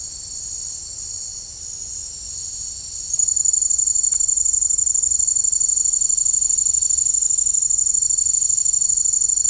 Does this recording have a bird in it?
no